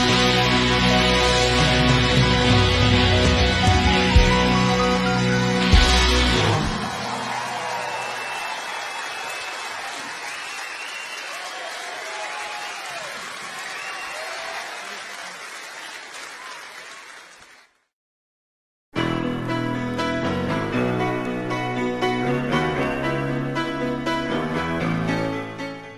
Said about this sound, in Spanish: ¡Hace el aplauso para la Marina y Blanco! ¡De pie!